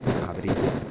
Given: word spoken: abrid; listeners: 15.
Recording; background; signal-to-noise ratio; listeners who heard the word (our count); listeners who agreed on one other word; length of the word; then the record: one Spanish word in noise, from a listening test; noise modulated by three-talker babble; -7.3 dB; 1 of 15; 6 of 15; 0.51 s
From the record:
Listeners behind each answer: 6, 3, 3, 2, 1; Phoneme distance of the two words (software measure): 10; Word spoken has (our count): 2 syllables, 5 phonemes, stress on syllable 2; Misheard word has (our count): 2 syllables, 5 phonemes, stress on syllable 2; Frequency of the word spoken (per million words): 0.27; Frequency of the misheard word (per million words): 57.52